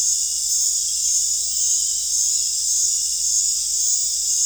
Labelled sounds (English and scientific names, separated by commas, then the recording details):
none
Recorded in dense forest near Puerto Asís, Putumayo, Colombia, on 20 December 2024 at 19:00
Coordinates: 0.482, -76.320
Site G021